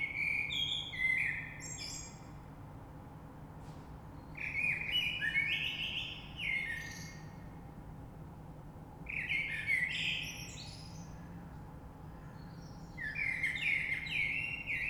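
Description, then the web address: Common blackbird singing four separate phrases, each a mellow warble mixed with high, scratchy notes. Recorded 3 March 2020. "oiseaux Rush Merle 3-3-2020"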